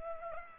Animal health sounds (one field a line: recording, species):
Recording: mosquito wingbeat signal from an infrared sensor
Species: Culex pipiens